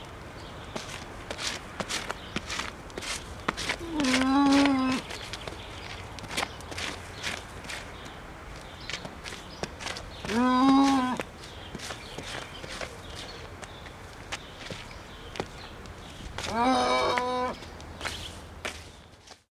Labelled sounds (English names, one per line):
Mountain Goat